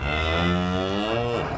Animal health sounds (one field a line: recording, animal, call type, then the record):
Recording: contact call of a hoofed animal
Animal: cattle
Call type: low-frequency (closed-mouth) or high-frequency (open-mouth) call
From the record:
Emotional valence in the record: negative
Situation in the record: full separation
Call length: 1.57 s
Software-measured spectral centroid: 1910 Hz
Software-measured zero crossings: 2130 a second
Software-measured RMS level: -24 dBFS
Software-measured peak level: -10 dBFS